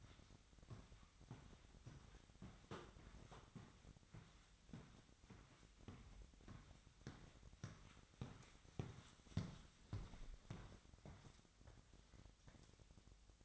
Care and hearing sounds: daily activity, microphone in the room; walk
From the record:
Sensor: 3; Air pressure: 1001.5 hPa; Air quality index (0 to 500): 225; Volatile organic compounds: 32 ppm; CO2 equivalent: 2995 ppm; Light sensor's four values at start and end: 12/36/15/13 and 12/37/16/13

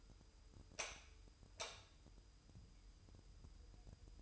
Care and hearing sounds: daily activity, microphone in the room; light on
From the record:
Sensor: 2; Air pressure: 988.2 hPa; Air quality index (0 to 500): 190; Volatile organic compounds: 177 ppm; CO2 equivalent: 4132 ppm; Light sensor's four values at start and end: 7/17/7/7 and 12/35/14/14

